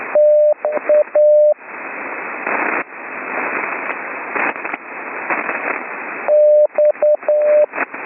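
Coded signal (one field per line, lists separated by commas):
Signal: Morse code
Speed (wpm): 9 wpm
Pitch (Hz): 600 Hz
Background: radio noise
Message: TA X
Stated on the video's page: Slow Morse code beginners' course lesson sent over HF, with rough conditions from a lightning storm.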